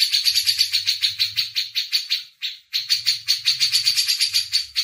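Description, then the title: Grey-cheeked bulbul rattling in rapid buzzy pulses, pausing briefly at mid-point before resuming; a faint low hum sits beneath. Masteran (tutor song for training songbirds). "MASTERAN CUCAK JENGGOT"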